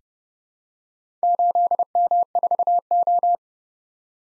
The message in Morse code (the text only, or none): 8M4O